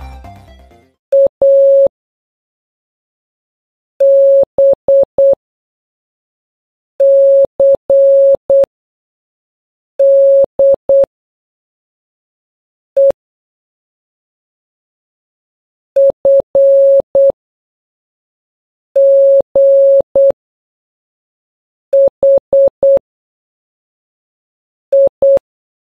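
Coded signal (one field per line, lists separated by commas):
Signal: Morse code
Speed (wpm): 8 wpm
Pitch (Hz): 550 Hz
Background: music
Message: A B C D E F G H I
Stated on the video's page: Morse code alphabet A to Z as generated beep sounds with simple example messages.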